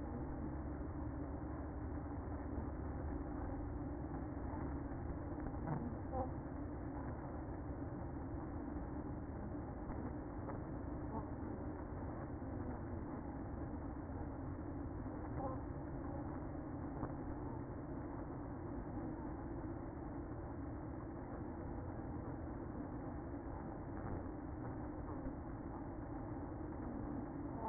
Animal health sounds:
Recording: honeybee colony, microphone inside the hive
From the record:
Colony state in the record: queen present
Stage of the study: after two queens were removed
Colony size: about 60,000 bees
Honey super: yes

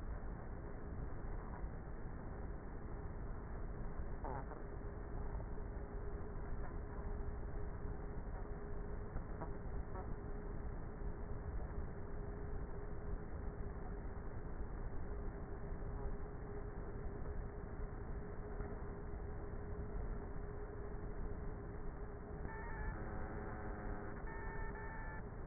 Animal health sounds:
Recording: honeybee colony, microphone inside the hive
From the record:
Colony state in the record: queenless with a low population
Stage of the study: before two queens were removed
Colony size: about 30,000 bees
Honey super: no

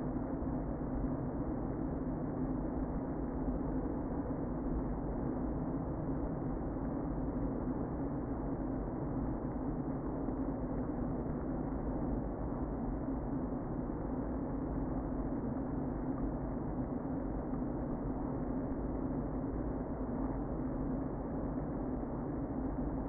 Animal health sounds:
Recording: honeybee colony, microphone inside the hive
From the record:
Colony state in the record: queen present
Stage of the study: before two queens were removed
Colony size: about 60,000 bees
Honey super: yes

